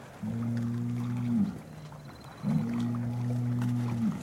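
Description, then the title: Cow mooing: two long, steady, low moos, each lasting over a second, separated by a brief pause. Cow communication through mooing. "Eco-Moo-tion: The Ecological Soundscape of Cow Conversations"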